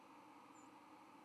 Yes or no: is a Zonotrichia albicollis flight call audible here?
yes